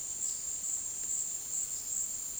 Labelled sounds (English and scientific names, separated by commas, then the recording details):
none
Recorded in dense forest near Puerto Asís, Putumayo, Colombia, on 20 February 2024 at 14:30
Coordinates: 0.466, -76.327
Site G6413